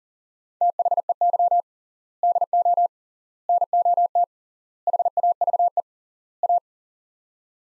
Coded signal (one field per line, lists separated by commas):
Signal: Morse code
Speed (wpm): 40 wpm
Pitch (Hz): 700 Hz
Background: none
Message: THEY DO NOT HAVE A